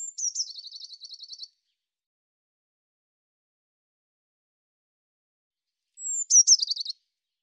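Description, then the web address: Eurasian blue tit calling twice, each a high thin note dropping into a fast churring trill, about four and a half seconds of silence between the two calls. "cianscape birddata Deverinetal 2025 File cleaned normalized Bird Cy Ca"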